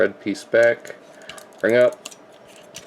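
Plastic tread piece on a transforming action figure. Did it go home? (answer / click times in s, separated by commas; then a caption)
yes / 2.8 s. Someone talks while a plastic tread piece on a Transformers Generations Titans Return Megatron transforming action figure is rotated back and brought up. It clicks into position at 2.8 s, a short sharp tick between the spoken phrases, and the piece is seated.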